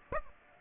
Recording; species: mosquito wingbeat signal from an infrared sensor; Aedes aegypti